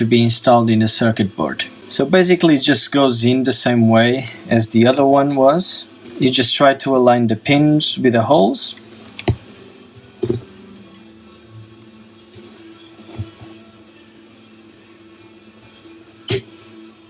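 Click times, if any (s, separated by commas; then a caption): none. A 3D-printed plastic mount for the AC power socket is lined up with the holes in a Sega Saturn console's circuit board, with its pins aligned to go in the same way as the original part. Someone talks over the first half, then there are a few sharp handling knocks and faint clatter while music plays quietly underneath. Nothing has seated or clicked yet.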